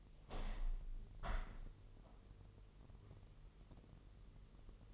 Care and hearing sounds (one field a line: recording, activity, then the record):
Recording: daily activity, microphone in the room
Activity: open window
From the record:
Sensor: 4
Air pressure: 1001.0 hPa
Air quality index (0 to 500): 244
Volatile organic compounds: 42 ppm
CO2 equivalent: 3178 ppm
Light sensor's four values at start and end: 9/20/8/7 and 9/20/8/7